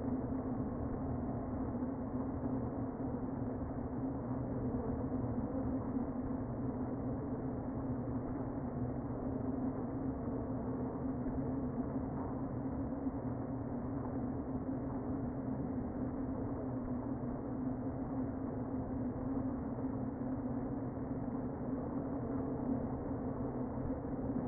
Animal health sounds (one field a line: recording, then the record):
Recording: honeybee colony, microphone inside the hive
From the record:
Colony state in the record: queen present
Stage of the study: before two queens were removed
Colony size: about 60,000 bees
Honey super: yes